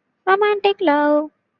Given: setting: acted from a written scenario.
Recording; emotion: vocal sound without words; romantic love